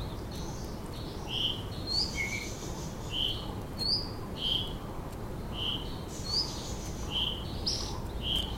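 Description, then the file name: White-tailed flycatcher song of short, clear high whistled notes, spaced out, over a steady loud background hiss. "flycatcher-white-tailed -Cyornis-concretus"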